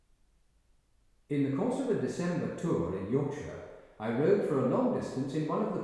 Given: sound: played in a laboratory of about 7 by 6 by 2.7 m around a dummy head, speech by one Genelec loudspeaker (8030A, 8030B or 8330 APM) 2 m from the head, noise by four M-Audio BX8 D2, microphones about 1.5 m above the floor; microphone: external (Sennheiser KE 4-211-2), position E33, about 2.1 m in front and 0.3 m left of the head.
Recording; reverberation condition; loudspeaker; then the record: male speech in English; high; 30 degrees to the left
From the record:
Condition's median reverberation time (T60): about 1300 ms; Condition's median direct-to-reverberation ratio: about -4.0 dB